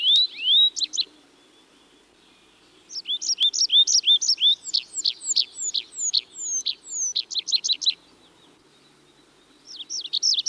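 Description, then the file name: Tree pipit singing bright phrases of high repeated notes, including a series of descending slurred whistles, with pauses between bursts. "Tree Pipit (Anthus trivialis)"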